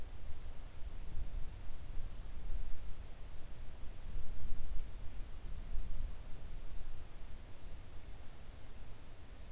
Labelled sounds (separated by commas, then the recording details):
near silence
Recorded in the Arctic National Wildlife Refuge, Alaska, on 3 August 2019 at 06:11
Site 41